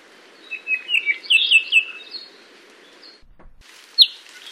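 Apapane song of slurred whistles and short warbles, followed by a pause and a single bright note.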